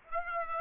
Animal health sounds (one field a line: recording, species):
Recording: mosquito wingbeat signal from an infrared sensor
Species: Aedes aegypti